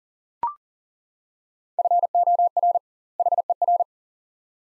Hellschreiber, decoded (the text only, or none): none